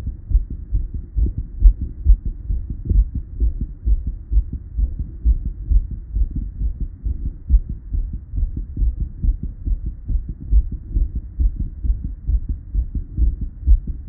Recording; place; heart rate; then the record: heart sounds by stethoscope; Erb's point; 135 bpm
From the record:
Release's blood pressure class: hypertension stage 2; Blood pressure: 168/105 mmHg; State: at rest